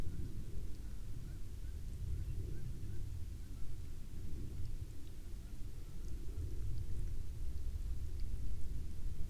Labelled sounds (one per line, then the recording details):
waterfowl
aircraft
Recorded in the Prudhoe Bay oil fields, Alaska, on 12 May 2019 at 16:19
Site 21